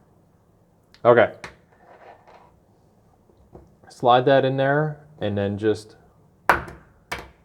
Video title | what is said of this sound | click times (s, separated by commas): Film Cassette Opening In Darkroom | pull back like that. You heard it pop open. | 6.5 s